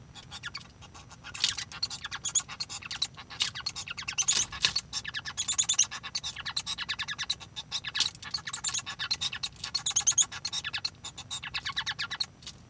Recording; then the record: song of a male Bengalese finch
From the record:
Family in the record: son of father 1